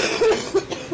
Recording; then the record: coughing mixed with background sound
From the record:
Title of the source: 61 morning phlegmy cough...again